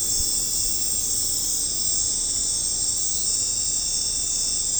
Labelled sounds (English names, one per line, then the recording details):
none
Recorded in pastures near Puerto Asís, Putumayo, Colombia, on 18 December 2024 at 22:30
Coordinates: 0.496, -76.326
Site G004